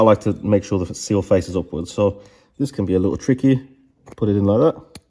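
An oiled turbo seal, facing upwards, is handled at the bearing housing of a hybrid turbo while the shaft assembly is being fitted. Someone talks throughout, with short pauses between phrases. The seal has not seated or clicked into place yet.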